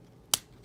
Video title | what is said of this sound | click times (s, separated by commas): Tambeyoda Reviews: Transformers Studio Series 41 Scrapmetal | like that you'll hear it click | 0.3 s